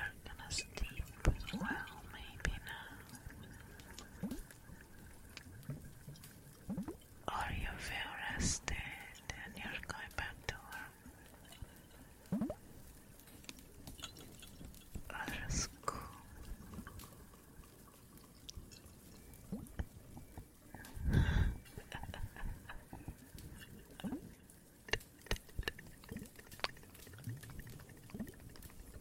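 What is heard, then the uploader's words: Irregular drips and sharp crackling clicks scatter across a quiet, low background, with denser bursts around 8, 15 and 21 seconds. Some more Cave ASMR, Water and Fireplace added.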